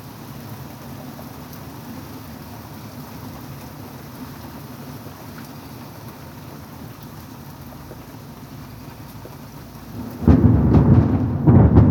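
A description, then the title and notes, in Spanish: A storm rumbles as a steady low, dense roar for ten seconds, then a sudden much louder deep blast of wind or thunder takes over. Tormenta. Lluvia.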